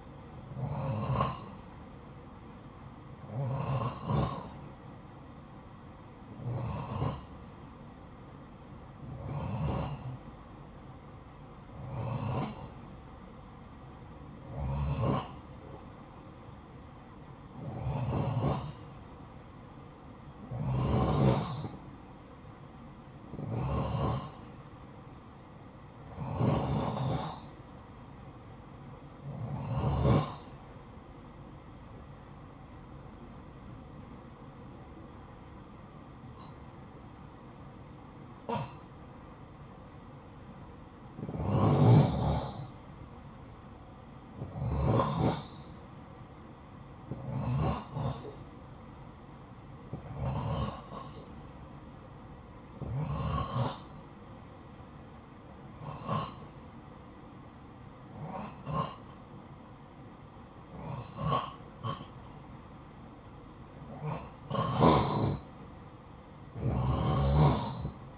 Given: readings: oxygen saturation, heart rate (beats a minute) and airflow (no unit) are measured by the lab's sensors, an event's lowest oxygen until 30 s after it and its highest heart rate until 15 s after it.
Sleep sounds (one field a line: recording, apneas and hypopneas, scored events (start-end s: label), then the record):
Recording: breathing in sleep by a smartphone at the bedside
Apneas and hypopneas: 1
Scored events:
26.00-63.80 s: hypopnea (N3, oxygen 92% highest, then 88% lowest, heart rate 60 at the start, 60 highest)
38.00-68.18 s: new sleep stage, N2 (light sleep)
From the record:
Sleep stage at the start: N3 (deep sleep)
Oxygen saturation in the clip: 89 to 92%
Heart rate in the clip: 51 to 60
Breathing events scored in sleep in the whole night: 573 in 9.8 hours asleep